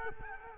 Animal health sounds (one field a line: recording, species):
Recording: mosquito wingbeat signal from an infrared sensor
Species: Culex quinquefasciatus